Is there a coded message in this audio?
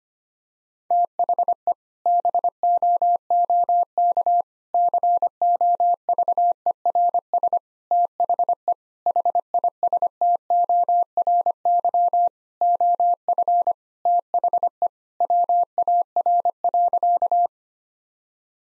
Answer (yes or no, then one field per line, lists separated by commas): yes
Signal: Morse code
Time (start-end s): 0.9-17.5 s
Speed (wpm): 25 wpm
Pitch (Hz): 700 Hz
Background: none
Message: THE BOOK COVERS THE HISTORY OF THE WAR.